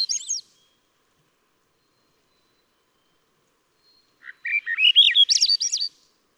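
Swainson's thrush singing, the tail end of one phrase and then a full rising, spiralling series of fluty notes after a long quiet pause.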